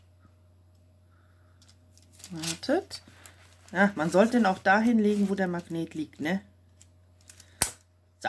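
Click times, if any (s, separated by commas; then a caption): 7.6 s. A small magnet is set down on a diamond-painting canvas, over the magnet lying beneath the plastic film, while someone talks. A few faint ticks sound before it snaps onto the other magnet with a sharp clack at 7.6 s, seating firmly.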